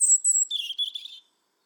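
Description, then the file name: European robin call, a high thin whistle followed by a lower rapid scratchy twitter, lasting just over a second, then silence. "Erithacus rubecula"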